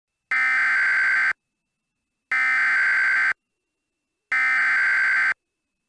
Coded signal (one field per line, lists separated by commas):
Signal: Emergency Alert System (SAME) tones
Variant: header bursts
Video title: What if you combined 3 EAS Alerts into one?